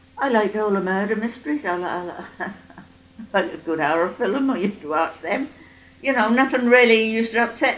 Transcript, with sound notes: I liked all the murder mysteries. I [laughs] liked a good horror film. I used to watch them. You know, nothing really used to upset me.